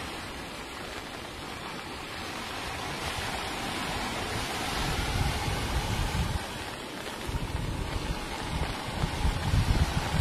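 Sea waves wash continuously through an early-morning rain, a dense, steady roar that swells gradually louder over the ten seconds. Low rumbling gusts pulse underneath, growing stronger toward the end, while a fine hiss stays even across the top.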